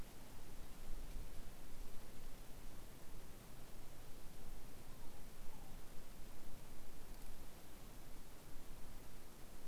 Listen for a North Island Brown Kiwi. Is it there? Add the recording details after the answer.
no. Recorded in New Zealand on 7 November 2014. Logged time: 22:14. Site CJ68